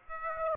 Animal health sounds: mosquito wingbeat signal from an infrared sensor; Aedes aegypti

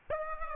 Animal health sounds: mosquito wingbeat signal from an infrared sensor; Aedes aegypti

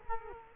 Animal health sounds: mosquito wingbeat signal from an infrared sensor; Culex quinquefasciatus

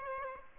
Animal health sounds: mosquito wingbeat signal from an infrared sensor; Aedes aegypti

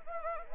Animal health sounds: mosquito wingbeat signal from an infrared sensor; Anopheles arabiensis

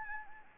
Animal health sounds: mosquito wingbeat signal from an infrared sensor; Anopheles gambiae

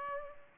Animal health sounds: mosquito wingbeat signal from an infrared sensor; Culex pipiens

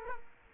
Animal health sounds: mosquito wingbeat signal from an infrared sensor; Culex quinquefasciatus

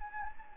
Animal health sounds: mosquito wingbeat signal from an infrared sensor; Anopheles gambiae

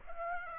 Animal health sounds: mosquito wingbeat signal from an infrared sensor; Aedes aegypti

